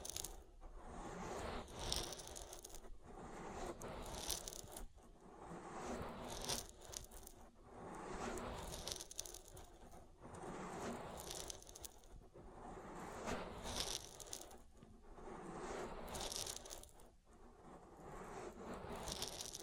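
Oily ear massage sounds: continuous wet squelching and rubbing that swells and fades in slow cycles every two to three seconds. The texture is dense and slick, with bright crackling peaks at each stroke over a steady low rumble.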